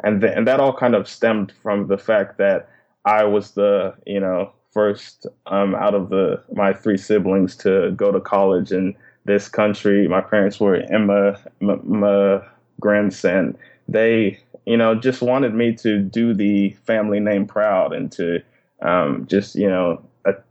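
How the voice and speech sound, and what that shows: A low-pitched adult man who stutters, having stuttered from a very young age and learned to speak slower and pause more, speaks at a slow, measured pace with frequent pauses, drawn-out fillers and stretched function words. At 'immigrants' the first sound repeats and prolongs before the word comes out. These are stuttering disfluencies, softened by a deliberately slowed speaking style.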